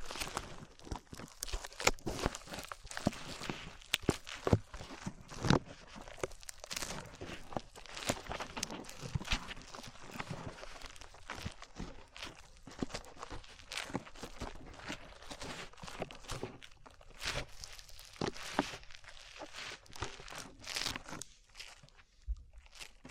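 Slime being handled, with a dense stream of squishing, popping and crinkling sounds throughout. Sharp clicks and wet snaps come several times a second, with no steady rhythm, and the texture stays bright and crisp with brief quieter gaps near the end.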